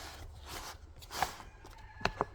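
A mounted Scotty 1050MP Depthmaster downrigger is handled and turned on its 1026 swivel base, giving low rumbling handling noise and a few brief sharp knocks near 1.2, 2.1 and 2.2 seconds. The swivel base has not locked into place yet; nothing has seated or clicked.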